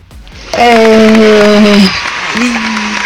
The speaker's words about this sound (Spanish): Déjenles pongo los aplausos.